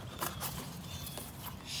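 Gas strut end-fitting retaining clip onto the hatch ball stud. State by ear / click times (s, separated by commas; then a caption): not seated / none. The retaining clip on the end fitting of the first new hatch lift support (gas strut) is being slid down over the hatch ball stud by hand. Soft scuffing and rustling handling sounds come over a low background rumble. Nothing has seated or clicked yet.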